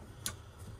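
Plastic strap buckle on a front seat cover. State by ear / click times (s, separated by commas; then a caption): seated / 0.3 s. A plastic strap buckle on a front seat cover for a Winnebago Ekko Ford Transit is snapped together by hand, holding both sides of the strap. A single sharp click is heard at 0.3 s over a low background hum, and the buckle is seated.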